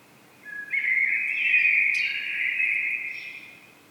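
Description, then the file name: Common blackbird giving a single sustained, fluty warbled phrase ending with a soft high twitter. "Turdus merula"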